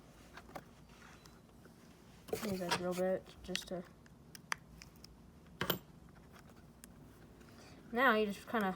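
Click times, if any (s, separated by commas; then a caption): none. A plastic wheel spacer is handled by hand at the axle of an Axial SCX24 RC crawler while someone talks. Faint ticks and light handling taps are heard, with a sharper tick near 4.5 s and a knock around 5.6–5.7 s. The spacer has not seated or clicked onto the axle yet.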